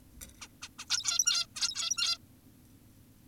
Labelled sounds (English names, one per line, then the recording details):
Zebra Finch
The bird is an adult
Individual g17y2U